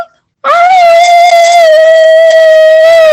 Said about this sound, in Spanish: Los lobos le aullan a la luna. Y eso a mí se me hace muy interesante. Fíjense, amiguitas y amiguitos, que los lobos levantan la cabeza y aullan.